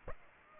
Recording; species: mosquito wingbeat signal from an infrared sensor; Aedes aegypti